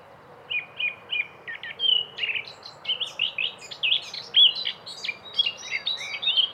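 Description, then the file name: Eurasian blackcap song: a rapid, varied warble of chattering and fluty notes that climbs higher and grows busier over about six seconds, with faint low background noise. "moenchsgrasmuecke"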